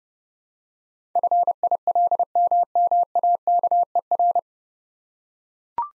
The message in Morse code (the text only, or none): FILMMAKER